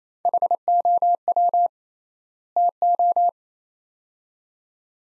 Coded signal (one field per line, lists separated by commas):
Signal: Morse code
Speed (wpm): 28 wpm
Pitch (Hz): 700 Hz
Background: none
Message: HOW TO